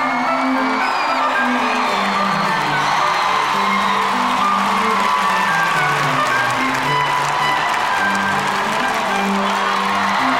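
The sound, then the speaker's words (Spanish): Loud, steady applause and cheering from a crowd welcoming the hosts at the start of the live radio show Trastorno Tripolar, sustained for about ten seconds, with whoops and held vocal tones rising and falling over the dense clapping. “Reciban con un fuerte aplauso”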